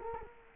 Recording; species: mosquito wingbeat signal from an infrared sensor; Culex quinquefasciatus